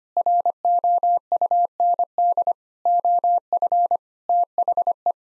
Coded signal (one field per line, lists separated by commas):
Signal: Morse code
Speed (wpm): 25 wpm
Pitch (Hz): 700 Hz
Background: none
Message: ROUND OF THE